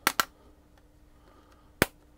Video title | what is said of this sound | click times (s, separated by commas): Early BLACK FRIDAY Deals | Locks right in. You can feel and hear the locking. | 1.8 s